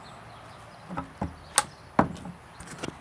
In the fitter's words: it should snap right into place just like that.